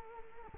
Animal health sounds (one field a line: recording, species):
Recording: mosquito wingbeat signal from an infrared sensor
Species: Culex quinquefasciatus